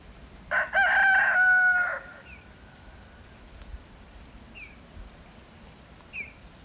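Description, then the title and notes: Chicken: rooster giving a single loud crow early on, stepped then drawn out and tapering, followed by a few short high chirps from another bird. Rooster on a dung heap on an unusually warm winter day with snow lying; Mitterleiten, Aschau im Chiemgau, Germany. "Mitterleiten, 83229 Aschau im Chiemgau, Deutschland - The Rooster and His Chickens. Der Hahn und seine Hühner. Auf dem Misthaufen an einem viel zu warmen Wintertag. Jedoch lag Schnee. Und ein Flugzeug zieht am Himmel vorüber"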